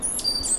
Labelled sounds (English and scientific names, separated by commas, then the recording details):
Stitchbird (Notiomystis cincta) song
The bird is a male
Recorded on Tiritiri Matangi Island, New Zealand, in 2005
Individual 1, of nest box 1